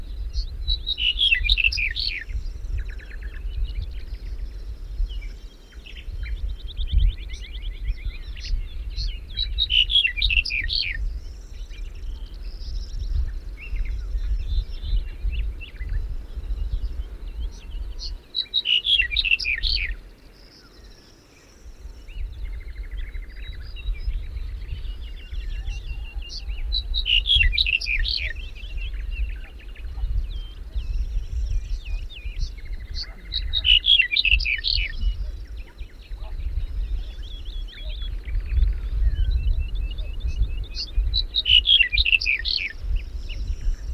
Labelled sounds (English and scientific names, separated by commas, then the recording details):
Ortolan Bunting (Emberiza hortulana) song
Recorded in the wild
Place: Svoboda, Plodiv, BG
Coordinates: 42.395, 24.337
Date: 1974-05-28 05:36
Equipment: Nagra III BH, Sennheiser MD 21, parabola
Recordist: Schubert, Michael